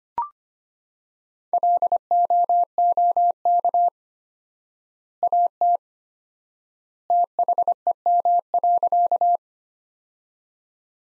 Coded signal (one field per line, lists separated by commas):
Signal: Morse code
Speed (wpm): 25 wpm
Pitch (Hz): 700 Hz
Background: none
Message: LOOK AT THEM.